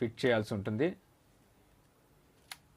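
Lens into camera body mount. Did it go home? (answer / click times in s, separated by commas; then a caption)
yes / 2.5 s. A kit lens is lined up by its white dot with the white dot on the mount of a Sony a6400 mirrorless camera body and twisted on until it locks. Someone talks for the first second, then after a quiet pause a single short, sharp click sounds at 2.5 s. The lens is seated and locked, confirmed by that click.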